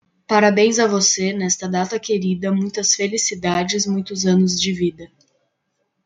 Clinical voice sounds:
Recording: short text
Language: Brazilian Portuguese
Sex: female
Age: 20 to 29 years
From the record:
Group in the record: control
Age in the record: 22 years

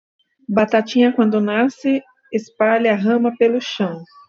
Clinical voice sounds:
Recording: short text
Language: Brazilian Portuguese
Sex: female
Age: 50 to 59 years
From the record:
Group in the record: control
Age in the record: 51 years

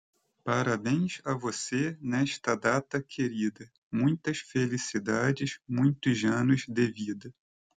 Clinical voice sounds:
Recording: short text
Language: Brazilian Portuguese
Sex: male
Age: 30 to 39 years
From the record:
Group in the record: control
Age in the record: 35 years

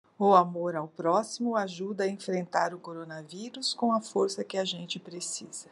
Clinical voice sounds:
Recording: spoken sentence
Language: Brazilian Portuguese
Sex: female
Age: 60 to 69 years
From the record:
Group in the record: control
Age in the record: 60 years

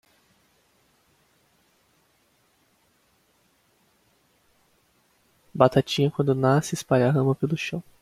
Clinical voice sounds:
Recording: short text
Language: Brazilian Portuguese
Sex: male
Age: 20 to 29 years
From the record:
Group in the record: control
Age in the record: 23 years

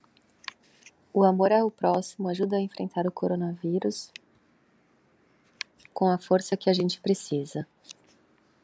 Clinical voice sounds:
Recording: spoken sentence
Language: Brazilian Portuguese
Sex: female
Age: 30 to 39 years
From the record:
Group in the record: control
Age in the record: 35 years

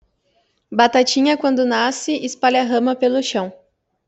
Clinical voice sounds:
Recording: short text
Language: Brazilian Portuguese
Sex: female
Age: 20 to 29 years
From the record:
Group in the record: control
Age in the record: 24 years

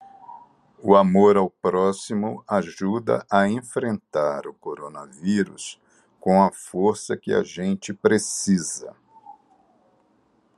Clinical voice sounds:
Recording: spoken sentence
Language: Brazilian Portuguese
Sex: male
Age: 60 to 69 years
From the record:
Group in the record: control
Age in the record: 61 years

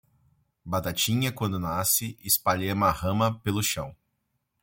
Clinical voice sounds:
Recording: short text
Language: Brazilian Portuguese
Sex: male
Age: 40 to 49 years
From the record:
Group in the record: control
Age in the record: 41 years

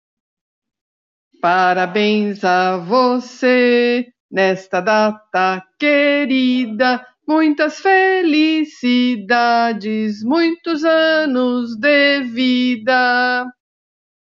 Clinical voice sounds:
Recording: short text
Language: Brazilian Portuguese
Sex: female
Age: 60 to 69 years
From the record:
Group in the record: control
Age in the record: 64 years

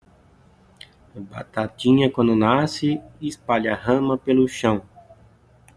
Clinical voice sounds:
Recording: short text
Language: Brazilian Portuguese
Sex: male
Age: 30 to 39 years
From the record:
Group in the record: control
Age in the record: 39 years

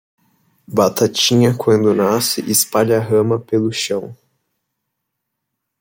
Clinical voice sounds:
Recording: short text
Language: Brazilian Portuguese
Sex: male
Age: 20 to 29 years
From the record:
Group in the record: control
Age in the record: 21 years

